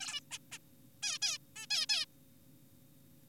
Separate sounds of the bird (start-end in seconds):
0.01-0.20, 0.31-0.38, 0.52-0.58, 1.03-1.18, 1.22-1.38, 1.56-1.66, 1.71-1.86, 1.90-2.06